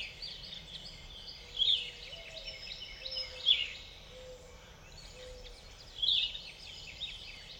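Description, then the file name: Yellow-throated Vireo giving three harsh, rasping call bursts, with faint low whistled notes and steady background hiss. "Yellow-throated Vireo - Vireo flavifrons"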